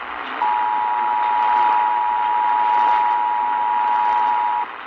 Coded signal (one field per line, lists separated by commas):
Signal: Emergency Alert System (SAME) tones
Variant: 853 and 960 Hz attention tone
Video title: Expecting the unexpected part 1...EAS Alerts from November 15, 2020 (EAS #670-681)